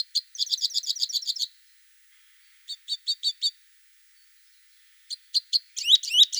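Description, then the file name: Two-barred crossbill making a rapid run of high chips, then two short series of spaced notes, and finally a jumble of high twittering. "Loxia leucoptera"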